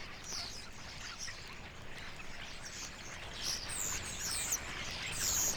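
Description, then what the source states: Common starling flock chattering: dense overlapping clicks, squeaks and high whistles, growing louder toward the end over a steady low background rumble. A flock of starlings; recording by Fred Jüssi.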